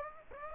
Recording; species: mosquito wingbeat signal from an infrared sensor; Aedes aegypti